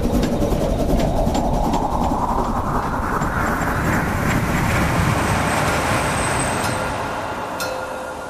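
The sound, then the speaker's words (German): A train boarded in Emden, Germany, rumbles steadily along the rails, a dense low roar with faint rhythmic clatter and a thin high whine, loud throughout and easing slightly toward the end. “Wir sprachen wenig, gingen in Emden von Bord und bestiegen den Zug.”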